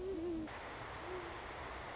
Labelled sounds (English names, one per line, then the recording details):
Great Horned Owl
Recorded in Sonoma County, California